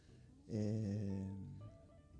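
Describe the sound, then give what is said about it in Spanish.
A single deep, heavy breath lasting about a second, with a low, voiced, snore-like rasp that swells loudly at the start and then fades. “Siga respirando hondo, …. Siga respirando hondo.”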